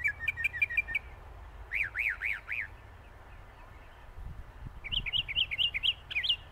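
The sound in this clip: Northern mockingbird song, quick phrases each repeated several times, chirps, then rising-falling slurred notes, then a new rapid series after a short pause.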